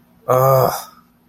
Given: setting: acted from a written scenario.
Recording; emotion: vocal sound without words; anger